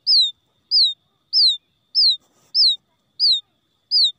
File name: tieng cut non keu goi me lac dan chuan